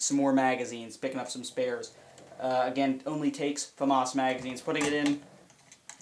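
Someone talks while a FAMAS magazine is brought to the magazine well of a CyberGun FAMAS AEG bullpup airsoft rifle, then a few short, faint handling taps and scrapes come near 5.5 to 6.0 s as the magazine is pushed in. Nothing has seated or clicked yet.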